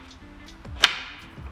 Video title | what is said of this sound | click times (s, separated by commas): Oil Pressure Sensor Replacement -- Easy | and it snaps into place just like that super easy now i'll give you a little close-up on this side | 0.8 s